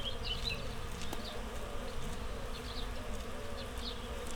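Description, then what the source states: Bees humming under a mix of squeaky bird notes and chirps, plus one sharp click early on. Bees in a flowering rapeseed field, Słoneczna 9, Siemianowice Śląskie, Poland; Saturday 18 May 2019; starlings in background; Zoom H5 with Audio-Technica BP4025.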